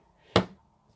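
A plastic washer is pressed onto the shank of the second small safety eye on a crocheted teddy bear. It gives a sharp click at 0.4 s, seating it firmly with what is judged to be three clicks in one push.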